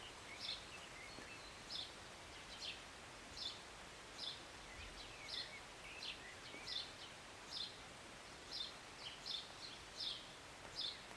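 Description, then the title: Bird chirps repeated throughout, short sharp high notes over a constant soft hiss like rain. Recorded from a city balcony on a Sunday morning during short rain, birds singing and chirping, with an occasional plane. "Rainy Morning with Birds Chirping"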